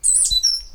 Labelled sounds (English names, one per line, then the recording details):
Stitchbird song
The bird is a male
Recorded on Tiritiri Matangi Island, New Zealand, in 2005
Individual 8, of nest box 10